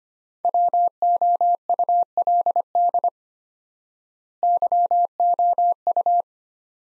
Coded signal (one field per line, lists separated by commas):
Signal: Morse code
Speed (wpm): 25 wpm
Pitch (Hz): 700 Hz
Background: none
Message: WOULD YOU